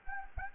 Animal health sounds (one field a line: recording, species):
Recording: mosquito wingbeat signal from an infrared sensor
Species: Anopheles gambiae